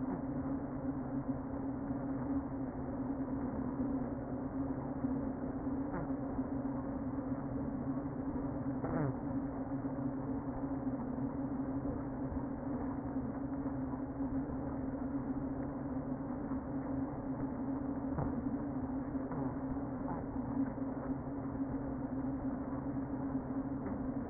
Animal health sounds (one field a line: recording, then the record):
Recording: honeybee colony, microphone inside the hive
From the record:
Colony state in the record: queen present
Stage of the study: before two queens were removed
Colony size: about 60,000 bees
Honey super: yes